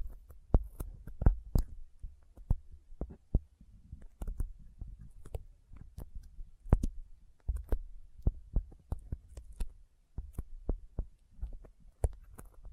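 Sticky fingers make sharp, frequent clicking snaps several times a second over a low, soft thumping rumble that continues throughout.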